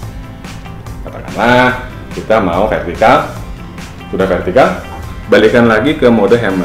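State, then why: Not seated. The mode selector knob on a rotary hammer drill is being turned from the vertical setting back toward chisel mode while someone talks over background music. Faint handling sounds are heard, but the clip ends before the knob locks, and nothing has seated or clicked yet.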